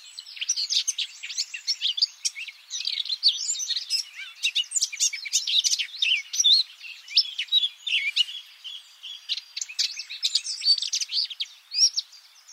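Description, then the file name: Eurasian blackcap singing: an unbroken flow of sharp chirps and twisting warbled notes, busy and varied from start to finish. "Sylvia atricapilla"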